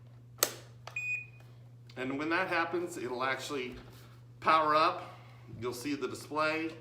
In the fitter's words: you'll hear it click